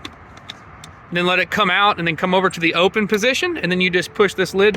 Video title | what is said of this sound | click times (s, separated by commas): 2023 Yamaha X MAX 300 Ride & Review | please click it in | 0.0 s, 0.5 s